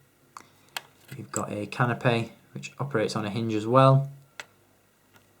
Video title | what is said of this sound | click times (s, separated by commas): Encounter on Jakku - LEGO Star Wars 75148 - HD Review | and just slides back into place like so and locks into place just there. | 0.4 s, 0.8 s